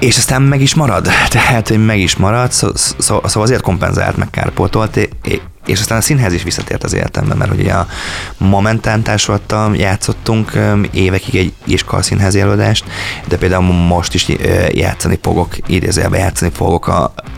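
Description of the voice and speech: An adult man who has stuttered since childhood speaks Hungarian, mostly fluently, with one clear stuttered repetition, 'szó, szó, szóval'.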